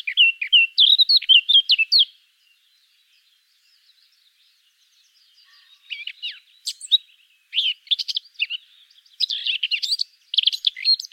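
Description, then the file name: Eurasian blackcap singing two warbled phrases separated by a pause of several seconds; the second phrase is jerkier, with sharp high notes mixed into the fluting. "Sylvia atricapilla"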